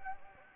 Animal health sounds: mosquito wingbeat signal from an infrared sensor; Anopheles gambiae

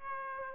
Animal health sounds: mosquito wingbeat signal from an infrared sensor; Aedes aegypti

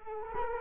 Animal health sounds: mosquito wingbeat signal from an infrared sensor; Culex quinquefasciatus

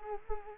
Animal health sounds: mosquito wingbeat signal from an infrared sensor; Culex quinquefasciatus

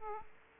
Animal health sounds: mosquito wingbeat signal from an infrared sensor; Aedes aegypti

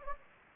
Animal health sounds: mosquito wingbeat signal from an infrared sensor; Anopheles gambiae

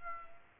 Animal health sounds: mosquito wingbeat signal from an infrared sensor; Aedes aegypti

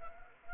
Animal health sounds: mosquito wingbeat signal from an infrared sensor; Anopheles arabiensis

